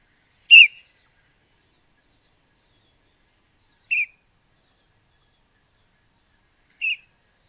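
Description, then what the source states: Red-whiskered bulbul calling: three brief, scratchy notes, the first loudest, separated by pauses of about three seconds, against silence. Juvenile bird, recorded 20 May 2012.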